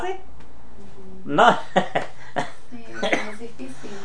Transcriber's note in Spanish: risas